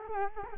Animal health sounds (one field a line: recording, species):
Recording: mosquito wingbeat signal from an infrared sensor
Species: Culex quinquefasciatus